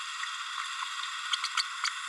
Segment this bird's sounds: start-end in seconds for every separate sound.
1.32-1.35, 1.57-1.62